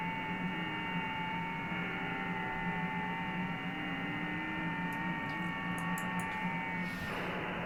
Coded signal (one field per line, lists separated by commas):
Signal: FT8